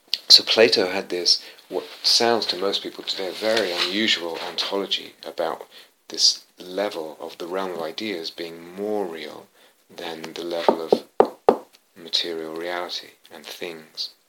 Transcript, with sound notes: So Plato had this, what sounds to most people today, very unusual ontology about this level of the realm of ideas being more real than the level of [knocks on table] material reality, and things,